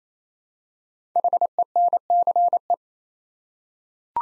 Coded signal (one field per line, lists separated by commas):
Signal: Morse code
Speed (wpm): 27 wpm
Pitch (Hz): 700 Hz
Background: none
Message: HENCE